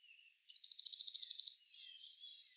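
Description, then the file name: Eurasian blue tit churring: two sharp high notes and a fast buzzy trill, trailing into soft continuous high twittering. "Cyanistes caeruleus"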